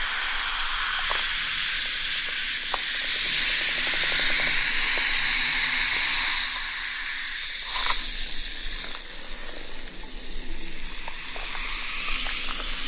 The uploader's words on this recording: The freshness of sparkling soda water.